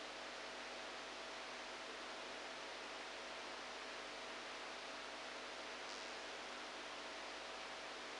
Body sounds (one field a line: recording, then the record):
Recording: brain microelectrode recording played as sound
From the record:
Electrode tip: outside the subthalamic nucleus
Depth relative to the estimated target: 4 mm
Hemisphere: right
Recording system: NeuroSet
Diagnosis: Parkinson's disease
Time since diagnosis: 10 years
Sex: male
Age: 63 years